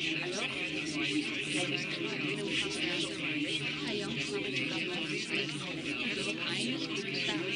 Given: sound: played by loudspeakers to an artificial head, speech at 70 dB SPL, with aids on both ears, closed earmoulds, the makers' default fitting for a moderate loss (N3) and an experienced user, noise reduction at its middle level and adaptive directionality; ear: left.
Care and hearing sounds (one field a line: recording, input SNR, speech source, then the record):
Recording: speech test signal (ISTS) in cocktail-party noise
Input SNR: -6 dB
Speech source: on the right (90 degrees)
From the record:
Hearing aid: class 2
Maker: D